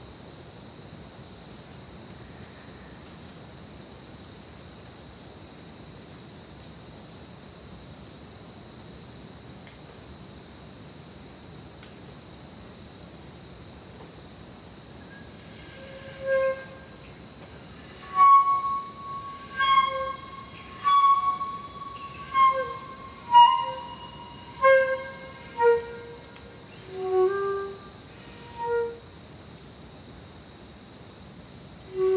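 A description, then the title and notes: Crickets chirp at night in a steady, unbroken high trill that holds the whole way through over a low, soft hiss. From about the halfway point, a string of louder, mid-pitched tonal calls arrives every second or so, some sliding downward, until near the end. Crickets Under Stars. It was recorded on a Zoom H6, which was pointed into the orchard whilst I sat on the balcony listening to the night, looking at the sky and playing flute. One take, no edits, just some compression and a touch of reverb added. The chirping of crickets in the night.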